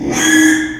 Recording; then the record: squeal of a Yucatan mini pig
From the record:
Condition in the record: after surgery on the right vocal fold (resection and tissue-engineered implant); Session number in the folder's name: 3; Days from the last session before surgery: 33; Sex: male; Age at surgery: 12 weeks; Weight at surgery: 13 kg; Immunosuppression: cyclosporine, prednisolone